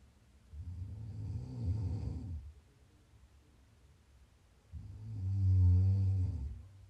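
An adult snoring, offered as ASMR: two long, low rumbling snores about four seconds apart, with a quiet pause between breaths.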